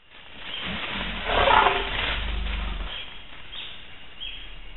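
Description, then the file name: Elephant giving a harsh, broad roar that swells after a second and fades slowly, over a deep low rumble. "Elephants copyright Elephant Listening Project"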